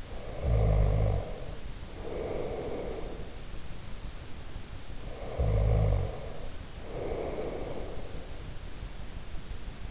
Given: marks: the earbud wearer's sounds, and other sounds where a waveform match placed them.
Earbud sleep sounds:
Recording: sounds in sleep by an in-ear microphone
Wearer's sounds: snoring breath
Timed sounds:
0.00-3.31 s: snoring breath
5.19-8.37 s: snoring breath

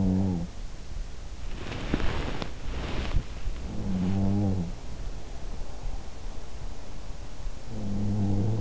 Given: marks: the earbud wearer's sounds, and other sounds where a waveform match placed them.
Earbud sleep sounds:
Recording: sounds in sleep by an in-ear microphone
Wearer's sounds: body movement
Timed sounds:
0.00-0.82 s: sound from someone else or the room
1.56-3.34 s: body movement
3.63-5.08 s: sound from someone else or the room
7.77-8.61 s: sound from someone else or the room

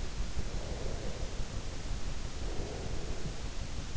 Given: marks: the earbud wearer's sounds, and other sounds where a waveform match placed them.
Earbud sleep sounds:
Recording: sounds in sleep by an in-ear microphone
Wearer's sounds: breath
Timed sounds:
0.17-3.76 s: breath

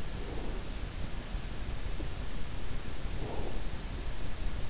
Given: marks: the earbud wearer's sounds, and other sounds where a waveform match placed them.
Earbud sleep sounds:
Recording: sounds in sleep by an in-ear microphone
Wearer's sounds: breath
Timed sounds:
0.17-0.95 s: breath
3.05-3.70 s: breath

